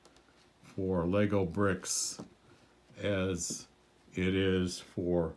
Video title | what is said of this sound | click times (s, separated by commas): ThingSpeak Data Door State Elecfreaks Smart Home Kit, Smart Science Kit | And you can see that this will snap right in. | 0.0 s, 0.2 s